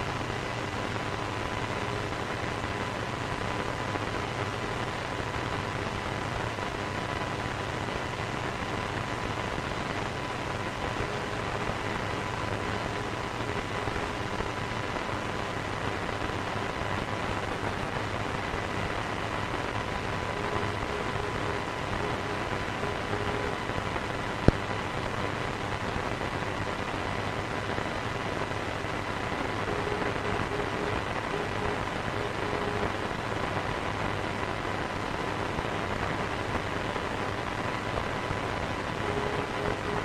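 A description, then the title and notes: Radio interference hisses steadily for the whole stretch, a dense, even wash of static with faint steady whining tones and a low hum beneath it. The level barely changes, apart from a single sharp click near the twenty-four second mark. This episode of the White Noise Podcast is RADIO INTERFERENCE.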